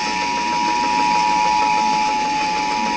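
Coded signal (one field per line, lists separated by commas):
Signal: Emergency Alert System (SAME) tones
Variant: 853 and 960 Hz attention tone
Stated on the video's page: EAS alert tone that chokes.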